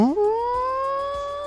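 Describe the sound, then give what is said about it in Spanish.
A person's voice imitates a siren with a quick upward swoop into a long, steady, slowly rising wail. The drawn-out tone ends up sounding more like a cow's moo than a siren. “Quise hacer el ruido de una sirena y no me salió.”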